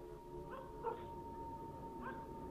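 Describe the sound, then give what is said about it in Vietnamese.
Dogs bark and howl at night on a village road toward the village gate, in a few short, wavering bursts, with three yelping cries rising and falling over a steady low hum and faint background noise. “Ở bên ngoài kia, nhấm nhẳng có tiếng chó cắn ma vang lên trên con đường làng, hướng ra chỗ cổng làng.”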